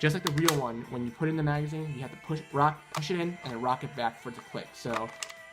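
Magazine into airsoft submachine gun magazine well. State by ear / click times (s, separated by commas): not seated / none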